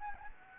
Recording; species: mosquito wingbeat signal from an infrared sensor; Anopheles gambiae